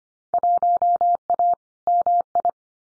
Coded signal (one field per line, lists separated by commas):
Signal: Morse code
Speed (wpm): 25 wpm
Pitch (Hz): 700 Hz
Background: none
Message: 1A MI